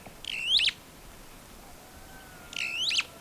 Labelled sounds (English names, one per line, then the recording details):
Superb Starling flight call
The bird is a female
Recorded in Kenya on 22 April 2009 at 07:20
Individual 107, of group WDB